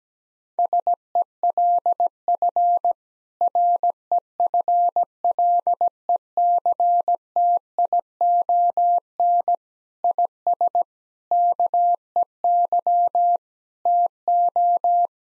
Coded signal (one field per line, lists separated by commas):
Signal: Morse code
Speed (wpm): 17 wpm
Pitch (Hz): 700 Hz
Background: none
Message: SELF REFLECTION IS KEY TO